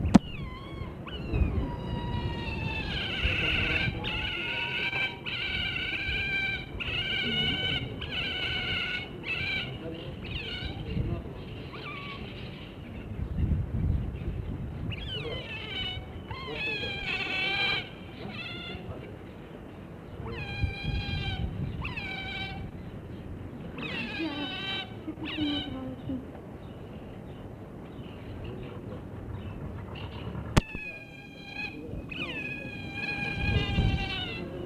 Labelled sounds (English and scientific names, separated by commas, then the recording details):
European Otter (Lutra lutra) call
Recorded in captivity
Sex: male
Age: juvenile
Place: Tierpark Berlin, Berlin, DE
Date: 1963-04-07
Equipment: Minifon, Kopie Smaragd
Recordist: TSA